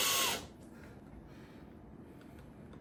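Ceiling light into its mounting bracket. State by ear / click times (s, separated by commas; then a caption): not seated / none. A recessed puck ceiling light is being pushed up into its mounting piece, which was screwed into the ceiling where the light should go. A loud, bright, whirring burst fills the first 0.4 seconds, then only quiet low background noise follows for the rest of the clip. Nothing has seated or clicked into the mount yet.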